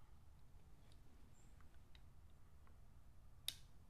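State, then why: Seated. An on-off switch assembly is fitted into the housing of a vintage Edison Triumph dictation machine, near the speed control and belt. After faint small ticks against a low background hum, one strong, sharp click rings out at 3.5 s as the switch part seats into place.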